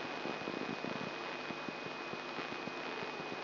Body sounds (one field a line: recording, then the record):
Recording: brain microelectrode recording played as sound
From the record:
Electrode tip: inside the subthalamic nucleus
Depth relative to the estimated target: 1 mm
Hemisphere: right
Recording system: AlphaMap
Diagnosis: Parkinson's disease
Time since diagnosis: 24 years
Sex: female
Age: 57 years